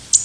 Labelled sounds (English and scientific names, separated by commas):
Canada Warbler (Cardellina canadensis) flight call